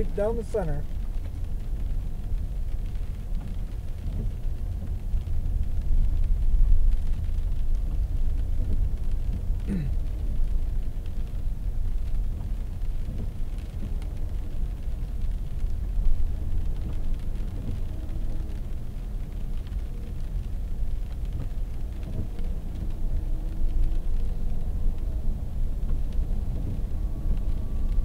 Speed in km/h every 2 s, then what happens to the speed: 21, 21, 20, 20, 21, 21, 21, 21, 23, 21, 21, 24, 26, 28.
0-20 steady at about 21. 20-28 speeds up to 28.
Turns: none.